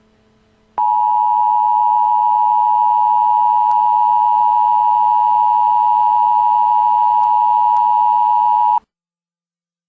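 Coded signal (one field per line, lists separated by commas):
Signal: Emergency Alert System (SAME) tones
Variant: 853 and 960 Hz attention tone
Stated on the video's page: Fictional EAS mock-up with Civil Danger Warning and Civil Emergency Message generated by EAS message programs.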